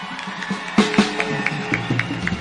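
An audience applauds musicians, a steady wash of many hands clapping with a few sharper, louder claps standing out, plus faint cheering mixed into the crowd noise.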